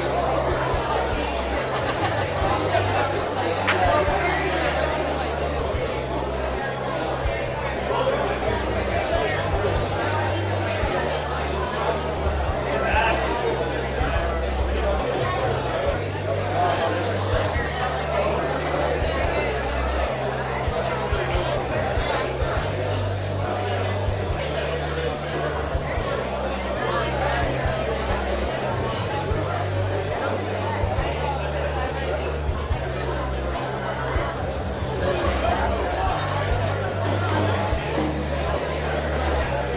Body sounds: background sound without coughing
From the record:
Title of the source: CITY SOUNDS Busy Bar in the Evening Night - 2 HOURS of Ambiance for Relaxation

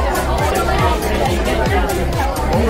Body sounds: background sound without coughing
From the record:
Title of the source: Nightlife Party Simulating Party Club Noise 1 Hour

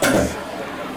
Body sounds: coughing mixed with background sound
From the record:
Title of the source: Residual Phlegmy Morning Coughing and Gagging

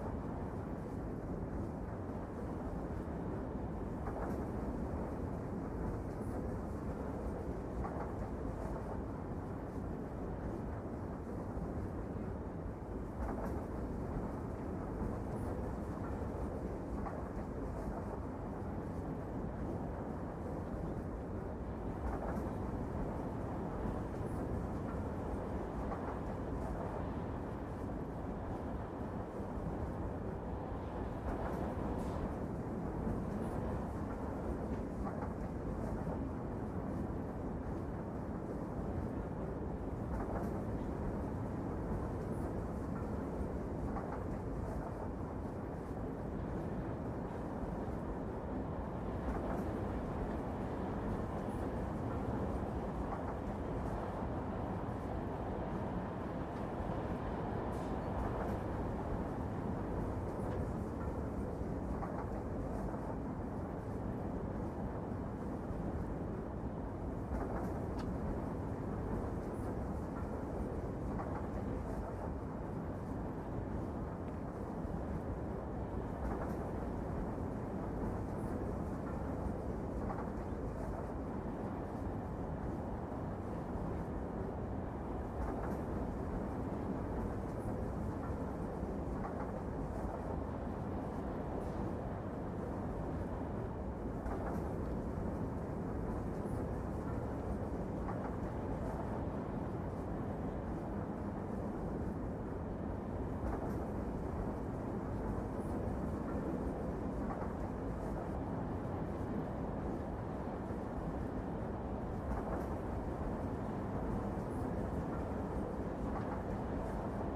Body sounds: background sound without coughing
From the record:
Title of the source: Train Ride Ambience ambient white noise for sleeping, focus, studying, reading

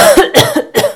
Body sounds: coughing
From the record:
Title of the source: Coughing Woman Sound - Woman Cough Sound Effect

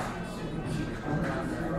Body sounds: background sound without coughing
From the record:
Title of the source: 60 minutes of coffee shop sounds for study and concentration

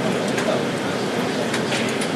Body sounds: background sound without coughing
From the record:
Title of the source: Office Sounds Ambience - Background Noise for Study and Work

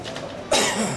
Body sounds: coughing mixed with background sound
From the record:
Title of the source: Mid-morning Winter Coughing Fit

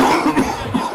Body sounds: coughing mixed with background sound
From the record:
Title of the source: Coughing 77

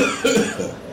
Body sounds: coughing mixed with background sound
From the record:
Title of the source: Spring Cold Coughing.

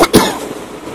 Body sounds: coughing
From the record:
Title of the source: 31 night wet cough

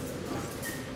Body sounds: coughing mixed with background sound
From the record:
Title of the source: 30 Chesty and wet cough

